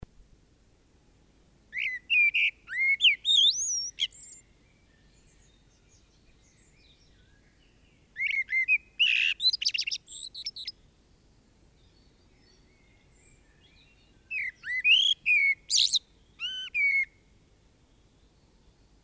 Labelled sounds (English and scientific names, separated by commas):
Common Blackbird (Turdus merula) song